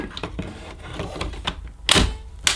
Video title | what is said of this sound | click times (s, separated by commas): Vacmaster Captura Pet Vacuum Cleaner Unboxing & Demonstration | that's it press it down and you'll hear a click | 2.5 s